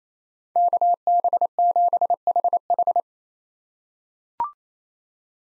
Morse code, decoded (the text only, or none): KB7HH